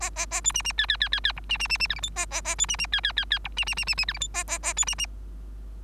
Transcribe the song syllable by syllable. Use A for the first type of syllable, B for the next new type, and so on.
A A A B C C D D D D D E C C C C F G H A A A B C C D D D D E C C C C C F G H A A A B C C